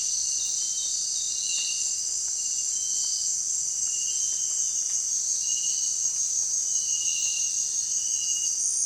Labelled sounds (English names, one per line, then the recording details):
none
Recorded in dense forest near Puerto Asís, Putumayo, Colombia, on 25 June 2025 at 18:00
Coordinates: 0.466, -76.327
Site GP04